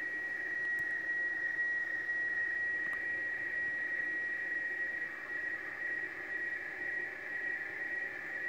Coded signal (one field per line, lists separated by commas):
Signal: weather fax (radiofax)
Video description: Radiofax com boletim meteorológico transmitido pela Marinha do Chile.